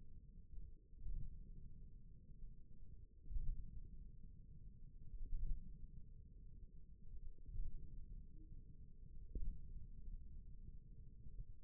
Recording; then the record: forearm muscle sounds (acoustic myography)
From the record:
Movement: index flexion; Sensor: system 1, eight BSWA MPA416 microphones around the upper forearm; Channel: 1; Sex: male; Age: 41 years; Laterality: right